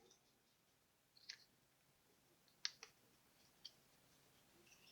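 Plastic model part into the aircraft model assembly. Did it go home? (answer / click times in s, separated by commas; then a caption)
partly / 2.7 s. A plastic part for the other side of a 1/72-scale model aircraft is pressed into the assembly, making small sharp plastic clicks and ticks. The loudest click lands at 2.7 s and the part clicks almost, but not fully, into place.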